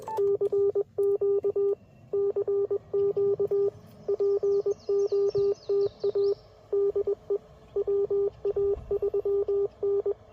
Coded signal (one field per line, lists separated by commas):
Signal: Morse code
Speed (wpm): 21 wpm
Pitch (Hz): 400 Hz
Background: radio noise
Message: CQ CQ POTA DE WA3N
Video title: My first visit to Shiloh National Battlfield - POTA